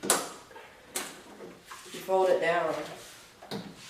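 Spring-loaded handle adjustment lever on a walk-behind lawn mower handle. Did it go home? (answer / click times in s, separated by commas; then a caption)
released / 0.1 s. A spring-loaded handle-height lever on the handle of a Honda HRR216VKA walk-behind lawn mower is worked to release the handle before it is folded down. A sharp click sounds at 0.1 s, followed by a softer knock near 1.0 s and a faint one near 3.5 s. Someone talks in between, and the handle is released.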